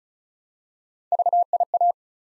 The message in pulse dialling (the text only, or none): none